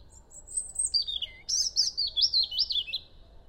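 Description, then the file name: European robin song: a continuous high, liquid phrase of thin whistles sliding downward, then a rapid run of tinkling, wavering notes. "Erithacus rubecula"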